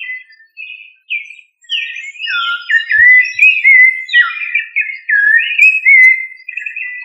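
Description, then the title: Thrush song: a varied, flowing run of clear whistled phrases, some slurring down and others rising, delivered almost continuously after a few brief opening notes. "Familia Turdidae - Sabia"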